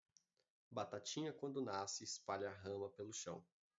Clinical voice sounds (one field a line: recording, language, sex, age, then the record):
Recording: short text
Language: Brazilian Portuguese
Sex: male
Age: 20 to 29 years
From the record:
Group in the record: control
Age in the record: 25 years